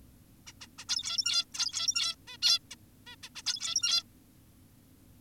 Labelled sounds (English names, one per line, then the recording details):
Zebra Finch
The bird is an adult
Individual g17y2U